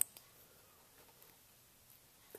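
A yellow wire terminal is pushed into a plastic connector housing on a 2004 Harley Dyna Custom project and snaps in with a sharp click at 0.0 s, confirming it is seated. Fainter ticks follow at about 0.2, 1.2 and 2.4 s over an otherwise quiet background.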